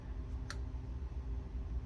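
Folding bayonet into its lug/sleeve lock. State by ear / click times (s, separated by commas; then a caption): seated / 0.5 s. A folding SKS blade bayonet on a demonstration piece with no barrel fitted is swung out to the deployed position. A single sharp click at 0.5 s is heard over a low steady hum. The bayonet locks into its lug/sleeve lock in the deployed, straight position.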